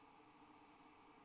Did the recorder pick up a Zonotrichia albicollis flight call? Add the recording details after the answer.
no. No flight call is heard. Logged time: 04:50 on 8 December 2014